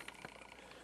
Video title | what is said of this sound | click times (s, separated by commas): same fix Ethernet & Telephone cable plugs | push it in and you'll hear things snapping in. | 0.1 s